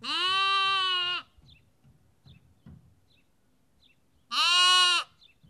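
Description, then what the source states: Sheep: two loud lamb bleats a few seconds apart, with soft rustling and faint chirps in the gap. Lamb, recorded at Kakopetria, Cyprus.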